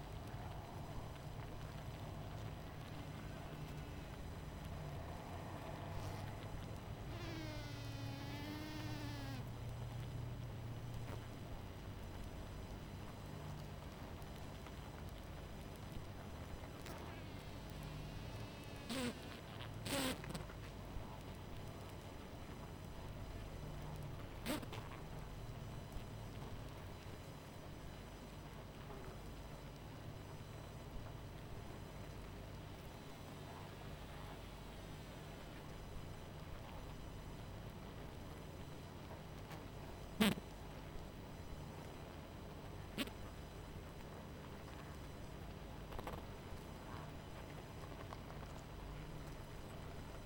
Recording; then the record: honeybee colony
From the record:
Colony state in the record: missing queen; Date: 14 July 2017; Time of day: 22:58